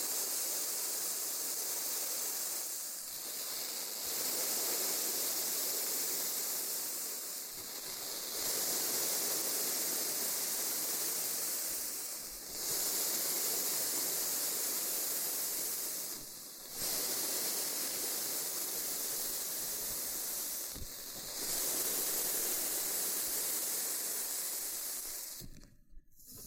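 Loofah scrubbing makes a dense, bright, steady rasping hiss, broken by short pauses roughly every four seconds and ending abruptly.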